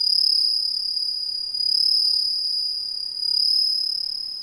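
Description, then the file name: Bell cricket song: a steady high pure ringing trill with a faint higher overtone, swelling slightly in loudness a few times. "suzumushi"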